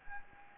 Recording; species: mosquito wingbeat signal from an infrared sensor; Anopheles gambiae